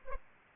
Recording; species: mosquito wingbeat signal from an infrared sensor; Culex pipiens